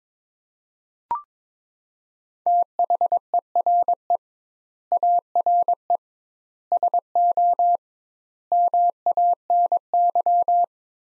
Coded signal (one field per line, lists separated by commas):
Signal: Morse code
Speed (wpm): 21 wpm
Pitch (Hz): 700 Hz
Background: none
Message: THERE ARE SO MANY